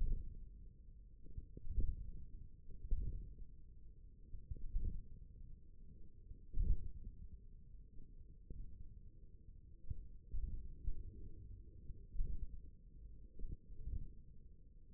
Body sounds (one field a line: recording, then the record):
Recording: forearm muscle sounds (acoustic myography)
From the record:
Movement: radial deviation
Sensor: system 1, eight BSWA MPA416 microphones around the upper forearm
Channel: 4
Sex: male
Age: 28 years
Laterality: right